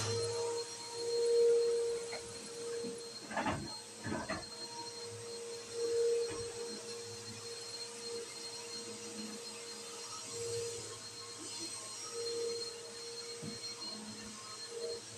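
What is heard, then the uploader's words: A vacuum cleaner runs throughout, a steady whirring drone with a thin high whine that rises and falls slightly in loudness. Short spraying or rubbing bursts cut in around 3 to 4 seconds and again near 6 and 10 seconds, over the constant motor hum. No talking is included, just spraying, wiping, and vacuuming.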